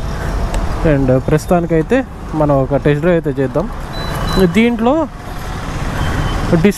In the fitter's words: Night time problem అవ్వదు లాక్ అయిపోయింది.